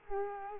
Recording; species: mosquito wingbeat signal from an infrared sensor; Culex quinquefasciatus